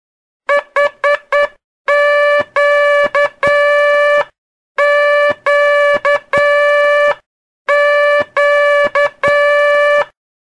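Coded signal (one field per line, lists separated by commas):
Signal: Morse code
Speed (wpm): 9 wpm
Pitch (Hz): 580 Hz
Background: none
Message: H Q Q Q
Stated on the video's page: Morse (telegraphy) lesson, twelfth part, covering the letters Q, J and H.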